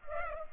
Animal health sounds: mosquito wingbeat signal from an infrared sensor; Culex pipiens

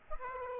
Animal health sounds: mosquito wingbeat signal from an infrared sensor; Aedes aegypti

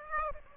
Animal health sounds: mosquito wingbeat signal from an infrared sensor; Aedes aegypti

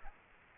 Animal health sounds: mosquito wingbeat signal from an infrared sensor; Aedes aegypti

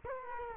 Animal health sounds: mosquito wingbeat signal from an infrared sensor; Culex quinquefasciatus

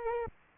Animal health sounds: mosquito wingbeat signal from an infrared sensor; Aedes aegypti

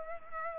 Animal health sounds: mosquito wingbeat signal from an infrared sensor; Culex pipiens

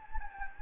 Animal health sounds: mosquito wingbeat signal from an infrared sensor; Anopheles gambiae

